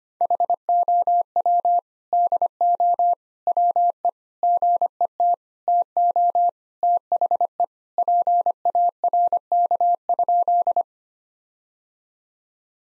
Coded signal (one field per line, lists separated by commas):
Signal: Morse code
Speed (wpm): 25 wpm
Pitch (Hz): 700 Hz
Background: none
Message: HOW DO WE GET TO THE PARK?